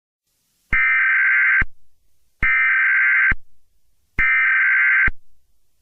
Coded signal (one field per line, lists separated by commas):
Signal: Emergency Alert System (SAME) tones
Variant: header bursts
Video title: EAS Mock - beeps n boops lol